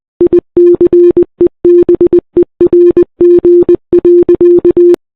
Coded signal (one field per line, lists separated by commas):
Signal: Morse code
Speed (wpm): 20 wpm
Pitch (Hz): 350 Hz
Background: none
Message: ICEBERG.